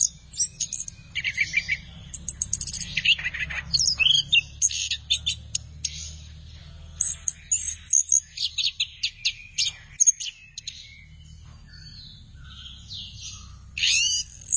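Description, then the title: Thrush song of dense, high chattering trills and chirps, slackening to scattered notes near the end before a final loud burst. "burung anis x"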